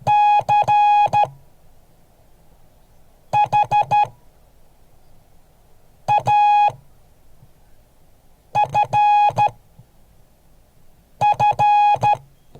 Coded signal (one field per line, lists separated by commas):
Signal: Morse code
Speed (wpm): 13 wpm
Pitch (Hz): 830 Hz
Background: none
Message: CHAFF